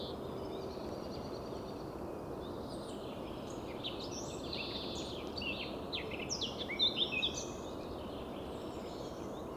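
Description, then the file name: Eurasian blackcap delivering a rambling warble of fast varied notes, loudest near the seventh second, over steady background noise. "Sylvia atricapilla"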